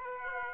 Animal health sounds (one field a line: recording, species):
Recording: mosquito wingbeat signal from an infrared sensor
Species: Aedes aegypti